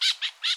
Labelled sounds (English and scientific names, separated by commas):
Brown-throated Parakeet (Eupsittula pertinax) contact call